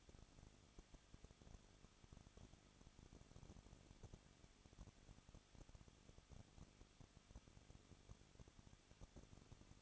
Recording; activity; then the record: daily activity, microphone in the room; no activity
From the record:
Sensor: 4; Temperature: 23.1 degrees Celsius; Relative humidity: 34.3%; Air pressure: 1007.2 hPa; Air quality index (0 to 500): 212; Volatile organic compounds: 14 ppm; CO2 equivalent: 2452 ppm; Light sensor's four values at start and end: 2/3/1/1 and 2/3/1/1